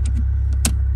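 A metal socket is pushed into the head of a Milwaukee Insider pass-through ratchet, where double detents hold it. Over a steady low hum with a few faint ticks, a sharp metallic click at 0.6 seconds marks the socket snapping and locking into place.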